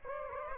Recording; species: mosquito wingbeat signal from an infrared sensor; Aedes aegypti